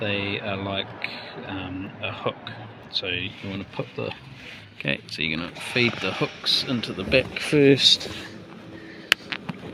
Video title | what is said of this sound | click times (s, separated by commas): Hyundai santa fe center rear belt replacement | and then just press the front down till you hear those clicks okay | 9.1 s, 9.5 s